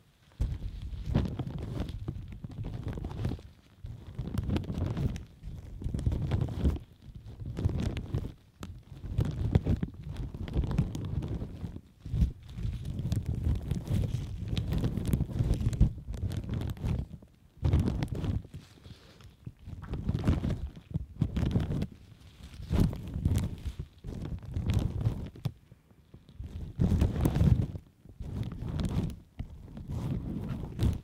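Latex gloves and plastic rub and brush against a microphone in dense, irregular bursts of a second or two. The rustling is mostly low and thick with a thin scratchy crackle on top, broken by brief silences, notably near 17 and 22 seconds.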